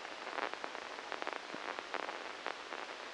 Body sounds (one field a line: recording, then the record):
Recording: brain microelectrode recording played as sound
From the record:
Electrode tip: inside the subthalamic nucleus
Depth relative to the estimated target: -3 mm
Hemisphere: left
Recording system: NeuroSet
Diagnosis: Parkinson's disease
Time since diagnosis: 9 years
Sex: female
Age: 51 years